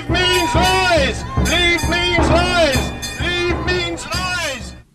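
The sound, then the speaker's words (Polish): A Brexit street protest crowd at Parliament Square, with an anti-Brexit man shouting "Leave means lies" loudly through a megaphone in long, rising and falling phrases, while a bell labelled the liberty bell clangs steadily underneath the commotion. “W wolnym tłumaczeniu wychodzenie z Unii to kłamstwo, tak krzyczał przez megafon przeciwnik Brexitu, a w tle zagłuszał go usilnie dzwon wolności.”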